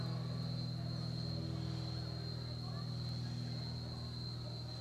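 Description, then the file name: Cicada's unbroken high-pitched buzz over a constant low engine drone from a small plane. Cicada recorded together with a small airplane. "chicharrayavioneta"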